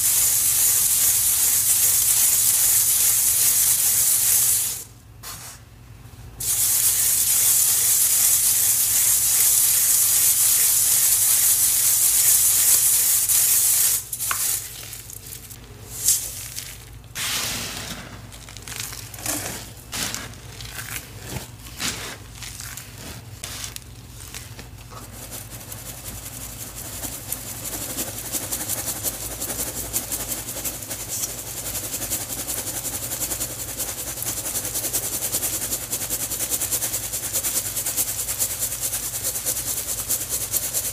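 Cornstarch being handled, opening with a steady bright hiss of sifting powder that cuts out briefly around five seconds. From about 14 to 25 seconds come a run of sharp, irregular crunches and crushes, then a softer rustling hiss builds slowly to the end.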